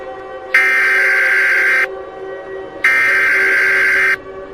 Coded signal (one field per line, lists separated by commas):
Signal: Emergency Alert System (SAME) tones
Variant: header bursts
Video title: EAS Scenario: The Fall of A Dictatorship | Part 4